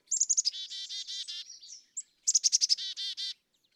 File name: Black-capped Chickadee